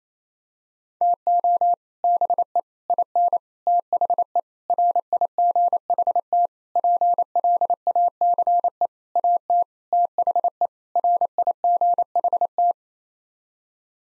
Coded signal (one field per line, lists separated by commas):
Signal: Morse code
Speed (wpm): 28 wpm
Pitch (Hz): 700 Hz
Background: none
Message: TO BE IN THE RIGHT PLACE AT THE RIGHT